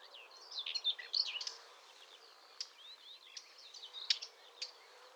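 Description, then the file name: Eurasian blackcap warbling in quick, jumbled high notes with sharp clicks and chips scattered through, over a constant low hiss. "Sylvia atricapilla"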